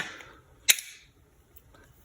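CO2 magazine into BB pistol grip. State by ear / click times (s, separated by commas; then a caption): seated / 0.7 s. A CO2 magazine, with its CO2 cartridge already screwed in using the supplied tool, is pushed into the grip of an Umarex Glock 17 CO2 blowback BB pistol. After some soft rustling, it snaps into place with a single sharp, loud click at 0.7 s, followed only by a couple of faint ticks. The magazine is seated.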